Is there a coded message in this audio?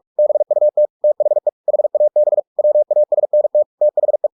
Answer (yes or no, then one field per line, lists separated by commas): yes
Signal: Morse code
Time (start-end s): 0.2-4.3 s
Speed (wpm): 46 wpm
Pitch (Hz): 600 Hz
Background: none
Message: BUT THE HAB WASNT THE